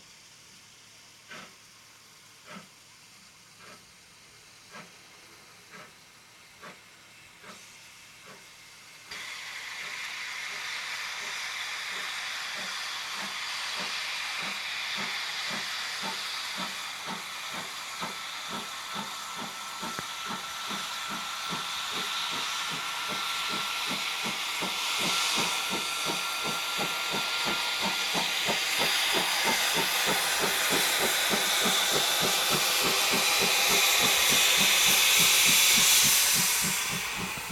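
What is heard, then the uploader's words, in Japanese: A steam locomotive works its way along a snowy line, starting with slow, widely spaced chuffs that quicken into a rapid, steady beat after about nine seconds. Hissing steam grows louder and brighter as it nears, with a thin sustained squeal in the middle. 2004年冬、雪の只見線を走る「SL会津只見号」です。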